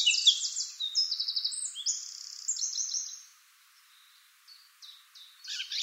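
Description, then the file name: Eurasian blackcap with a quick high twittering warble for three seconds, a quiet gap, then a few soft notes and a fresh burst. "Sylvia atricapilla"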